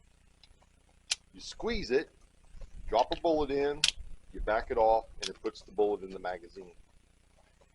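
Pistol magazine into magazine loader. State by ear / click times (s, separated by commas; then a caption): seated / 1.1 s. A Sig P320 pistol magazine is pushed into a model-specific Speed Beez handheld magazine loader and locks into place, with a sharp click at 1.1 s. Afterward someone talks.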